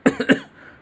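An adult man gives a short burst of about three quick coughs. His throat is still not right and the cough has not stopped; he is taking medicine he was given.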